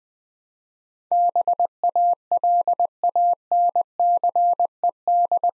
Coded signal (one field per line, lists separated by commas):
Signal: Morse code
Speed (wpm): 21 wpm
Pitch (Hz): 700 Hz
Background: none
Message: BALANCED